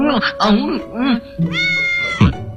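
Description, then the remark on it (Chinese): A voice playing a legendary ancient beast in a story imitates a cat with a series of rising and falling meows, several short mewing calls in a row followed by a longer, higher whine and a low grumble at the end. “居然学猫叫，我们上古神兽的面子都被你丢光了。”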